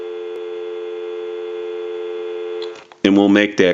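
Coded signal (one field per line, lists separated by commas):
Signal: telephone call progress tone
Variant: North America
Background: speech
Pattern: dial tone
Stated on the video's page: Telephone tones from an animated duck novelty telephone during checkout and repair.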